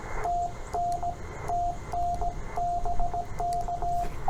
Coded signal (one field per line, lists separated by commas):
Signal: Morse code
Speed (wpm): 17 wpm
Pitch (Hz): 700 Hz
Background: radio noise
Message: TN TN BK